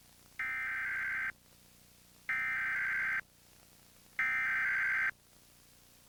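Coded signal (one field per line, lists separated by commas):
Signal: Emergency Alert System (SAME) tones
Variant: header bursts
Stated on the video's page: New York Required Monthly Test aired on a television station, recorded off air on a VCR.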